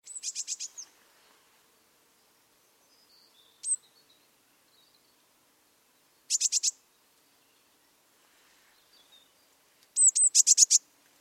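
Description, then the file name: Eurasian blue tit giving rapid, very high bursts of several notes, repeated three times with a few short thin notes between, otherwise quiet. "Cyanistes caeruleus"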